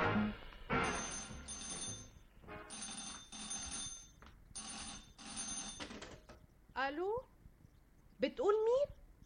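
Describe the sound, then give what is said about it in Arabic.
A rotary-dial telephone bell rings in several loud, rapid jangling bursts separated by short pauses, then stops and a voice speaks briefly in rising, animated tones. “برضو الجدع المجنون اللي بيطلبك بقاله جمعة ده؟”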